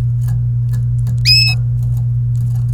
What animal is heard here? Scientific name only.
Serinus canaria